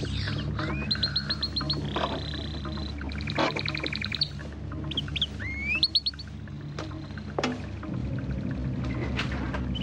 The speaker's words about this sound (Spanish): Esos malditos pájaros atraen a los ratones.